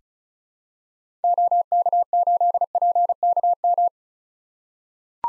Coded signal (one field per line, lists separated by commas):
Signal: Morse code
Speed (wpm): 36 wpm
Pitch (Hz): 700 Hz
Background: none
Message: OK8PKM